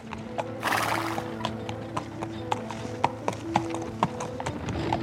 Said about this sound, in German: Und nachdem er sein Fahrgeld eingesteckt hatte, wendete er das Pferd und fuhr rasch dem Fluss zu.